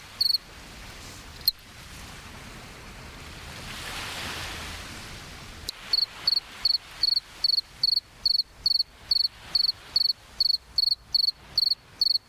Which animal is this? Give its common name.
Two-spotted Cricket